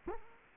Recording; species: mosquito wingbeat signal from an infrared sensor; Culex quinquefasciatus